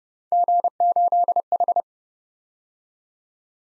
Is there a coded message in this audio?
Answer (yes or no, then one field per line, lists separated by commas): yes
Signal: Morse code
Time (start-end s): 0.3-1.8 s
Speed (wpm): 30 wpm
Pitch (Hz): 700 Hz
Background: none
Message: G8H